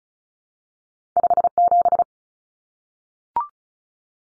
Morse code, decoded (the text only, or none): 57